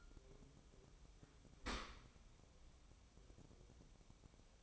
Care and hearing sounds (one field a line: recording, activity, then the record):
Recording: daily activity, microphone in the room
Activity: open dishwasher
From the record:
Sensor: 1